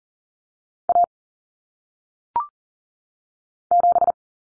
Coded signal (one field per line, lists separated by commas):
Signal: Morse code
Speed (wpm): 40 wpm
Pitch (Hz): 700 Hz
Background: none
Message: A 7